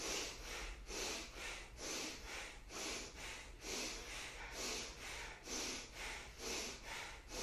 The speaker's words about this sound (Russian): Меньше напряжения, дышим, дышим. Активнее вдох делаем.